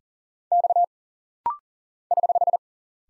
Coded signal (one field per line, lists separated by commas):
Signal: Morse code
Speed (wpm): 40 wpm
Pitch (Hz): 700 Hz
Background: none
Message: X <HH>